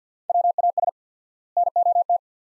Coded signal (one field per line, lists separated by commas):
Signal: Morse code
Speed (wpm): 49 wpm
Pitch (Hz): 700 Hz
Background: none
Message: WAS NOT